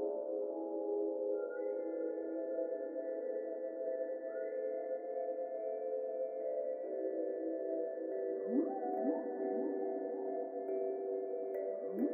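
Whale calls: long, steady layered tones that hold level throughout, joined near the end by a burst of short rising upsweeps and brief sliding notes.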